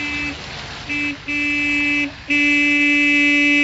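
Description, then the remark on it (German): A car horn honks four times: two short beeps, then a longer blast, then a loud sustained blare that holds to the end. Its steady, buzzy tone is heard over faint background noise. “Ja, hup nur, ich werde auch hupen.”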